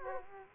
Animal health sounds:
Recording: mosquito wingbeat signal from an infrared sensor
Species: Aedes aegypti

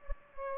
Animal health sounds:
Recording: mosquito wingbeat signal from an infrared sensor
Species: Aedes albopictus

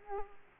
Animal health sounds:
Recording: mosquito wingbeat signal from an infrared sensor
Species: Aedes aegypti

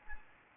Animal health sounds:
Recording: mosquito wingbeat signal from an infrared sensor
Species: Anopheles gambiae

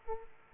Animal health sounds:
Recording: mosquito wingbeat signal from an infrared sensor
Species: Aedes aegypti

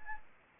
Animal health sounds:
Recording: mosquito wingbeat signal from an infrared sensor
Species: Anopheles gambiae

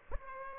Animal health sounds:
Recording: mosquito wingbeat signal from an infrared sensor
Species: Aedes aegypti

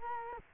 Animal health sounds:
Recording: mosquito wingbeat signal from an infrared sensor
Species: Culex quinquefasciatus

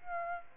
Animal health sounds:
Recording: mosquito wingbeat signal from an infrared sensor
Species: Aedes aegypti

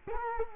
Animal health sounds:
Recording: mosquito wingbeat signal from an infrared sensor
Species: Culex quinquefasciatus

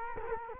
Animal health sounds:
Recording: mosquito wingbeat signal from an infrared sensor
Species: Culex quinquefasciatus

